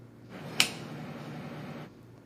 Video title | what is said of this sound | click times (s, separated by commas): Food allergies training | The click is quite audible so you'll know if you hear it. | 0.6 s